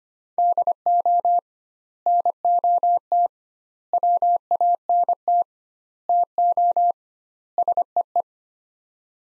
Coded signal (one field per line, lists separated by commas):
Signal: Morse code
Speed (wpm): 25 wpm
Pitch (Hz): 700 Hz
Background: none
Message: DO NOT WANT TO SEE